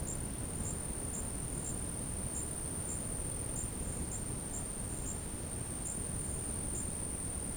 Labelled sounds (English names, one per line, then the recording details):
none
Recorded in dense forest near Puerto Asís, Putumayo, Colombia, on 20 February 2024 at 12:30
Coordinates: 0.486, -76.316
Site G6437